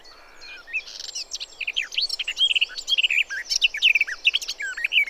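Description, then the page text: Garden warbler singing a fast, rich, continuous warble of mixed high chirps and slurred notes that builds in loudness toward the end. "Голоса живой природы(Tony Whitehead) - Славка садовая"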